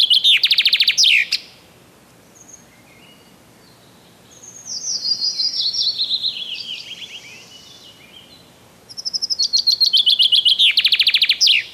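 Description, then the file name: Common chaffinch songs: bright descending trills ending in a flourish, a loud song, then a fainter one, then another loud one. "Zięba"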